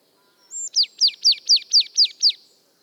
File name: Poecile palustris